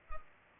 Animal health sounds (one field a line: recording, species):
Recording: mosquito wingbeat signal from an infrared sensor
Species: Culex pipiens